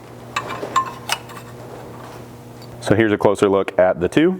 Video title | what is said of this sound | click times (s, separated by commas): 4th Gen Tacoma Blitz Rock Slider Installation | and you should hear an audible click as as they snap into position | 0.4 s, 1.1 s